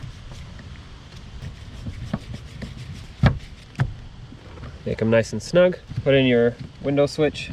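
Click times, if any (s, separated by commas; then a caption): none. The rear power window switch is being handled at its opening in the plastic door trim panel of a 1996 Toyota Camry (1992–96 range) after a rear window motor replacement. Soft taps and knocks sound through the first four seconds, with sharper ones near 3.3 s and 3.8 s, followed by someone talking. Nothing has seated or clicked yet.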